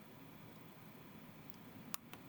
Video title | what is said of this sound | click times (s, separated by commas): GPD Win4 controller/joystick replacement | That's it. It pops right in. | 1.9 s